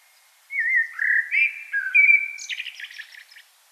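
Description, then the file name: Common blackbird singing a mellow fluted phrase that breaks into a high, scratchy twittering tail. "Turdus merula"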